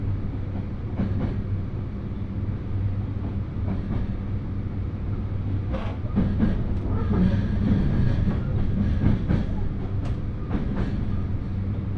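Riding inside a local train on a single-track line, with a steady low rumble and droning hum throughout. Sharp rail clicks and knocks come through irregularly, most clustered between about six and eleven seconds, over a fairly constant loudness.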